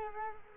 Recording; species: mosquito wingbeat signal from an infrared sensor; Culex quinquefasciatus